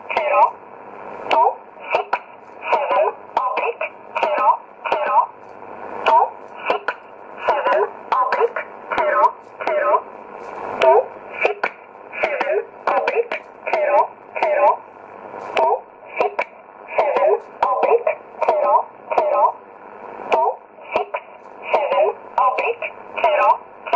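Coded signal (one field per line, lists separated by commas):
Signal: numbers station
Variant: E11 Oblique, English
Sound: band-limited voice reading short words, likely numbers, at steady even spacing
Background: radio static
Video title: 07 08 2017 Numbers station E11 Oblique in English to Eu 0747 on 9610 in USB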